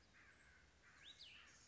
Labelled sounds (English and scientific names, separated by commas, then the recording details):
Cassin's Vireo (Vireo cassinii)
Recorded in Sonoma County, California